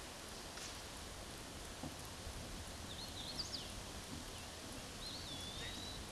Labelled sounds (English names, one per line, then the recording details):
Hooded Warbler song
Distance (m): 85 m
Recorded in a Pennsylvania forest on 17 May 2023 at 12:30
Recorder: AudioMoth, point grid1_36_low
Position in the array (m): 132 m, 86 m